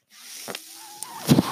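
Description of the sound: Steady mechanical whir with a gliding tone and soft clicks: the noise of a home mechanical ventilator running, heard between pauses in the user's speech.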